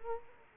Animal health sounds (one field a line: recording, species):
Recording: mosquito wingbeat signal from an infrared sensor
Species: Culex quinquefasciatus